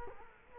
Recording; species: mosquito wingbeat signal from an infrared sensor; Culex quinquefasciatus